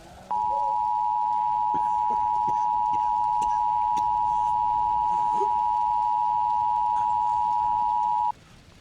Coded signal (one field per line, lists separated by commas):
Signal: Emergency Alert System (SAME) tones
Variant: 853 and 960 Hz attention tone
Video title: EAS Scenario - Broken Arrow